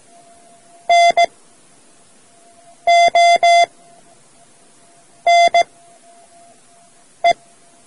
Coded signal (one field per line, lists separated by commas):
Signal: Morse code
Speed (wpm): 17 wpm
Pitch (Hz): 690 Hz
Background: none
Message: NONE